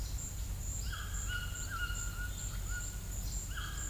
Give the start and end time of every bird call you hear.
[0.80, 3.90] bird call (0.7-5.9 kHz)

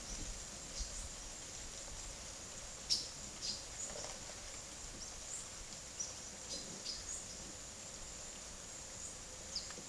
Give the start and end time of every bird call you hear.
[0.00, 0.91] bird call (3.4-10.5 kHz)
[2.80, 5.47] bird call (2.1-11.6 kHz)
[5.89, 7.25] bird call (1.9-11.3 kHz)
[8.97, 9.66] bird call (3.5-9.5 kHz)

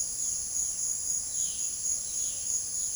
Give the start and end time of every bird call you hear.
[1.20, 2.96] bird call (2.0-4.8 kHz)

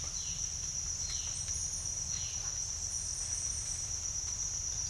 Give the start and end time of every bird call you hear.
[0.00, 2.59] bird call (2.3-5.1 kHz)

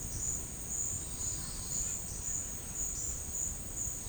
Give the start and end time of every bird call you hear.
[0.97, 2.54] bird call (0.7-5.9 kHz)

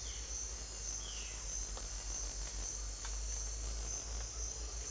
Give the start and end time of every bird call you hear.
[0.00, 0.59] bird call (2.8-4.3 kHz)
[0.93, 1.37] bird call (2.1-4.1 kHz)

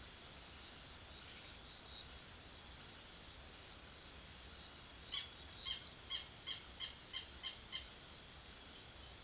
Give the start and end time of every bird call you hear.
[4.96, 7.87] bird call (1.1-5.0 kHz)

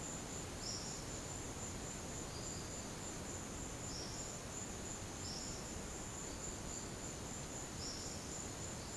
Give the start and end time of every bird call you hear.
[0.59, 1.14] bird call (4.8-6.2 kHz)

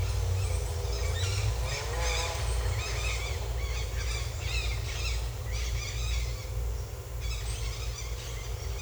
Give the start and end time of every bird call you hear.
[0.97, 6.31] bird call (1.2-9.0 kHz)
[7.12, 8.81] bird call (1.5-9.0 kHz)

